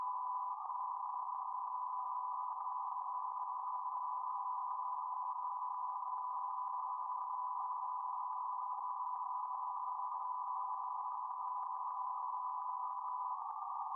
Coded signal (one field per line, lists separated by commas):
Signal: PSK31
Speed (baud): 31.25 baud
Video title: Showing off the FTDX10 PSK in the front DX near the end.